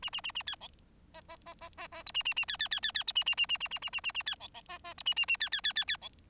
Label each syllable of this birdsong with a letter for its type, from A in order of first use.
A A A A B C D D D D D D E A A A B B B B B E A A A A A A A A A A B C C D D E A A A B B B B B C